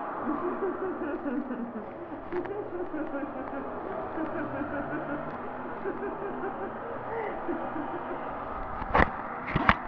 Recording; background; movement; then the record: laughter; traffic; sitting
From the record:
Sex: female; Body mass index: 36.4 kg/m2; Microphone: on the chest, facing the body